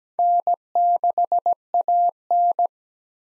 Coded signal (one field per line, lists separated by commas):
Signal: Morse code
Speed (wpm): 17 wpm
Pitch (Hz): 700 Hz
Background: none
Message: N6AN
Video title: 2023 SOTA Chaser Call Signs - 17wpm